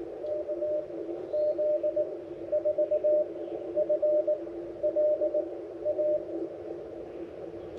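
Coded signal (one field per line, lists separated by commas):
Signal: Morse code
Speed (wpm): 20 wpm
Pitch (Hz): 560 Hz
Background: radio noise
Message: KZ4FLA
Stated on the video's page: Morse from a park activation at a Mammoth Cave National Park campground, using an Icom 7300 into an end-fed half-wave antenna about 25 feet up.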